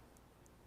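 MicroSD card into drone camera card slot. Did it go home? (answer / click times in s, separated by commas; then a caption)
yes / 0.2 s, 0.5 s. A microSD card is pushed into the spring-loaded card slot on the camera board of a small HappyModel Mobula 6 FPV drone until it latches. Two short, faint clicks with a bright high-frequency snap come at 0.2 s and 0.5 s over a steady low background. The card is seated.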